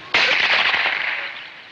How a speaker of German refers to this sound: eilt zu Fuß weiter und hört den ersten Schuss.